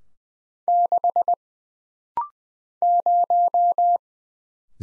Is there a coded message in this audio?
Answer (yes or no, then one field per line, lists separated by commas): yes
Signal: Morse code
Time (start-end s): 0.7-4.0 s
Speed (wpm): 20 wpm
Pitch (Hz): 700 Hz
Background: none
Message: 6 0